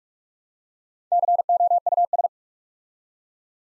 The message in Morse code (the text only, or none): COUS